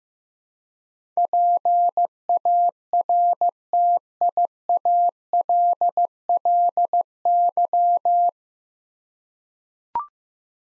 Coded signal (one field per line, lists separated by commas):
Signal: Morse code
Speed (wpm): 15 wpm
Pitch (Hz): 700 Hz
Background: none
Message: PARTIALLY